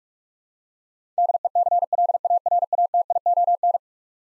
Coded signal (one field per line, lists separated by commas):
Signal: Morse code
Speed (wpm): 43 wpm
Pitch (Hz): 700 Hz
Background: none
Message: DECLARATION